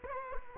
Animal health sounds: mosquito wingbeat signal from an infrared sensor; Culex quinquefasciatus

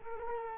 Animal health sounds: mosquito wingbeat signal from an infrared sensor; Culex quinquefasciatus

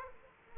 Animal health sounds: mosquito wingbeat signal from an infrared sensor; Aedes aegypti

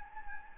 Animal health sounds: mosquito wingbeat signal from an infrared sensor; Anopheles gambiae

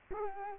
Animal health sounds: mosquito wingbeat signal from an infrared sensor; Culex quinquefasciatus

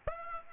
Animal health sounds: mosquito wingbeat signal from an infrared sensor; Aedes aegypti

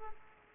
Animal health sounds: mosquito wingbeat signal from an infrared sensor; Aedes aegypti

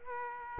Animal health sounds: mosquito wingbeat signal from an infrared sensor; Culex quinquefasciatus

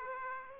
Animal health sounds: mosquito wingbeat signal from an infrared sensor; Aedes aegypti

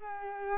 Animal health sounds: mosquito wingbeat signal from an infrared sensor; Culex pipiens

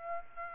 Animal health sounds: mosquito wingbeat signal from an infrared sensor; Aedes aegypti

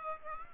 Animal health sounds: mosquito wingbeat signal from an infrared sensor; Aedes aegypti

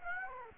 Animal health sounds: mosquito wingbeat signal from an infrared sensor; Aedes aegypti

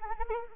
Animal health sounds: mosquito wingbeat signal from an infrared sensor; Anopheles arabiensis

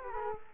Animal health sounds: mosquito wingbeat signal from an infrared sensor; Culex quinquefasciatus

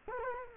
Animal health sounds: mosquito wingbeat signal from an infrared sensor; Culex quinquefasciatus

